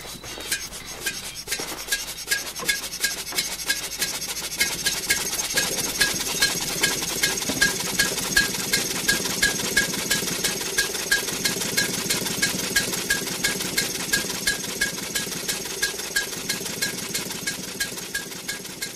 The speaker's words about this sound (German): Für ihren denkwürdigen Ausflug haben Daimler und Maybach kein Pferd vor ihre Kutsche gespannt, wie das allgemein üblich wäre, sondern ihren Motor hineinmontiert. Wie von Geisterhand geschoben, ruckelt die Chaise durch die Straßen.